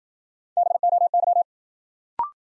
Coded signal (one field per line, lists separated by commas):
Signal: Morse code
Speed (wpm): 53 wpm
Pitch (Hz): 700 Hz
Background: none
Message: BOY